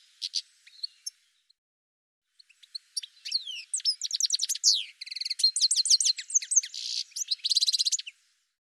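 Bird starting with scattered sharp chirps, then breaking into a long, fast high song of rattling trills and slurred notes that runs almost to the end.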